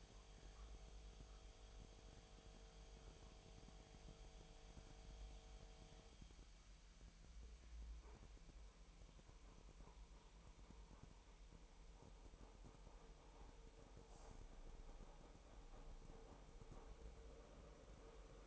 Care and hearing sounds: daily activity, microphone in the room; make coffee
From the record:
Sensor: 1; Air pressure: 1002.0 hPa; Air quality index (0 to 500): 242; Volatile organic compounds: 47 ppm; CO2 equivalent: 3253 ppm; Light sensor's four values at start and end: 8/27/10/11 and 8/27/10/11

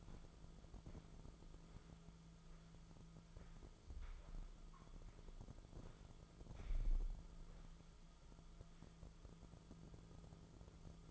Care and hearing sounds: daily activity, microphone in the room; walk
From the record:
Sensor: 5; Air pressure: 1005.5 hPa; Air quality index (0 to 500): 95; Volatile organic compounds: 2 ppm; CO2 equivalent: 1156 ppm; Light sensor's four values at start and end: 33/77/31/29 and 33/77/31/29

